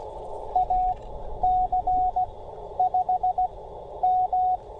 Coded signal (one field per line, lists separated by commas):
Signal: Morse code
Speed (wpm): 16 wpm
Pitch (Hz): 720 Hz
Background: radio noise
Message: AC5M